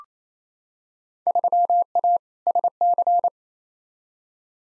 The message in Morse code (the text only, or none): 3A SC